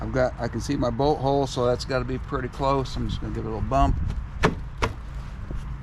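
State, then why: Seated. A tail light housing is bumped into the body of a 2016 Ford Escape to seat its plastic clips. Someone talks, then two sharp snaps sound at 4.4 s and 4.8 s. The tail light housing clips snap in and the assembly is seated.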